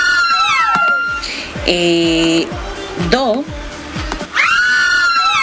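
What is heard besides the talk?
fans screaming and cheering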